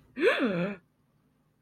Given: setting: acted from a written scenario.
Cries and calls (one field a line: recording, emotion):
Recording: vocal sound without words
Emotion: positive surprise